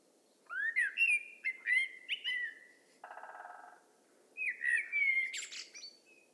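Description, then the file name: Common blackbird delivering fluty rising and falling whistles with a high squeaky ending; a short low buzzy rattle sounds between the two phrases. "Turdus merula"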